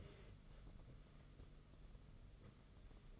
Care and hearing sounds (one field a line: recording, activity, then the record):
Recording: daily activity, microphone in the room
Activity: take from stove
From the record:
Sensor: 4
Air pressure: 995.2 hPa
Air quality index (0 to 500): 215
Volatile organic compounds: 256 ppm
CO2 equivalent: 4376 ppm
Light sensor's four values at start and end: 24/76/29/31 and 24/76/29/31